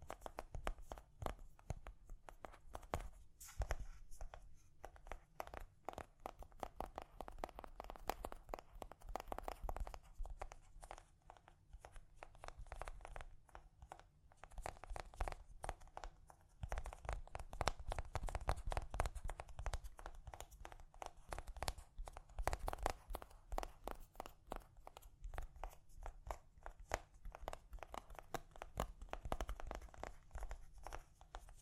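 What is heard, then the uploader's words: Gentle tapping runs throughout as a dense stream of quick, crisp clicks, some landing in rapid bursts and others spaced a little apart. A soft crinkling texture mixes in, and the loudness rises and falls in waves, quieter around 11 to 16 seconds. ASMR Gently Tapping. (No Talking).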